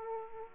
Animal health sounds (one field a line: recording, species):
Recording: mosquito wingbeat signal from an infrared sensor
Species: Aedes aegypti